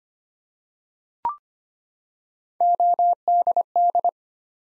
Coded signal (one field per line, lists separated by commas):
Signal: Morse code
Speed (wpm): 25 wpm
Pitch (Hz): 700 Hz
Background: none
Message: ODD